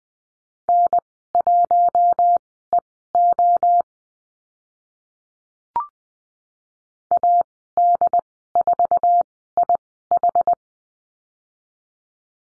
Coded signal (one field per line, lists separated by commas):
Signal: Morse code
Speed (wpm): 20 wpm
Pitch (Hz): 700 Hz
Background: none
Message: N1EO AD4IH